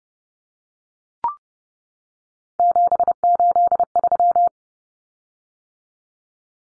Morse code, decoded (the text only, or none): 783